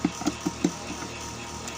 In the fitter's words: Yung nakasentro ko na nag-lock na.